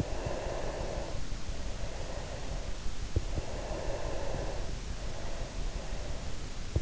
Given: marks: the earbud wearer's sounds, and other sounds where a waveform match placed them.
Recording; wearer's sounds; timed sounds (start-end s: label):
sounds in sleep by an in-ear microphone; breath
0.09-2.95 s: breath
3.47-6.72 s: breath